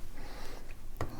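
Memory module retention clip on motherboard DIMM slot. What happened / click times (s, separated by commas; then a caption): The plastic latch snapped open and released the module / 1.0 s. Pressure is applied to the plastic retention lever of a motherboard DIMM slot's memory module retention clip. After a faint tick at 0.7 s, the lever clicks open sharply at 1.0 s and levers the memory module out, releasing it.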